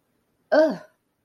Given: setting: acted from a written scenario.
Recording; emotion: vocal sound without words; anger